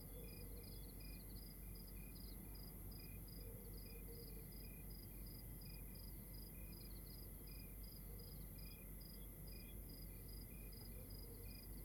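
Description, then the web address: Crickets chirping in steady pulsed trills over a constant low rumble of background noise. Crickets at night, outdoors in Rwanda. "Monte Sound - Atmospheres of Rwanda. External Rwanda Night Crickets"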